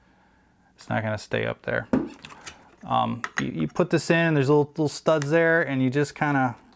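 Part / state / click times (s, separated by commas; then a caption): metal piece with plastic studs into its holder / not seated / none. Someone talks while handling a metal piece with small plastic studs, which a magnet can also hold, as it is being fitted into its holder, with a brief sharp tap near 2.3 s. Nothing has seated or clicked yet.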